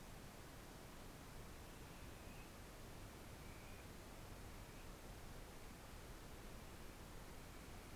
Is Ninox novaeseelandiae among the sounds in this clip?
no